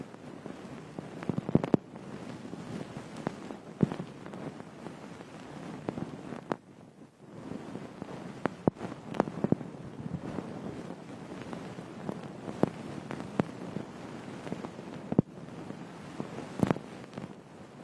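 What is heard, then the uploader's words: An ear pick scrapes and picks at a frosted bath ball, making a dense, continuous crackling and rustling that sits mostly in the low and middle range. Sharp ticks and clicks pop out every second or two, and the scraping briefly pauses around six to seven seconds. Frosted Bath Ball Ear Picking Experience.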